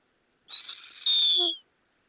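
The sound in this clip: Snowy owl giving one hoarse, wheezy screech of about a second, with a strong high whistled tone that sags slightly downward.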